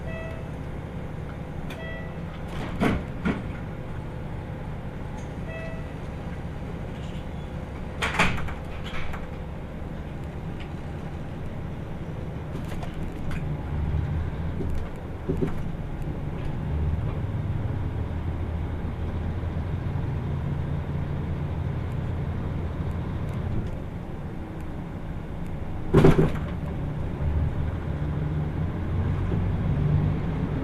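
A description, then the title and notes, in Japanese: Inside a limited express train running from Kumamoto toward Tateno, a steady low rumble of wheels and motor fills the cabin. Sharp clanks and knocks break through around 3, 8, 15 and 26 seconds, and a faint thin whine hangs in the background early on. 豊肥本線 九州横断特急3号 熊本→立野。列車はキハ185系の2両編成、しかもワンマン運転です。自由席と指定席が1両ずつ、自分は指定席のほうに座ります。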